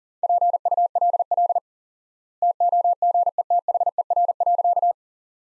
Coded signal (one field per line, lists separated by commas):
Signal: Morse code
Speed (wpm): 40 wpm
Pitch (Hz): 700 Hz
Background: none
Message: PULL TOGETHER.